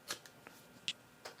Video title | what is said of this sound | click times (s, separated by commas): GoPro Gear for 2020 | sure it clicks push | 0.9 s